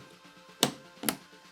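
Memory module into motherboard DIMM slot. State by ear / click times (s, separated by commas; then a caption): seated / 0.6 s, 1.1 s. A DDR4 memory stick is pressed down into a motherboard DIMM slot until the latches on both ends click. Two sharp clicks sound at about 0.6 s and 1.1 s over a faint low background hum. The stick is seated.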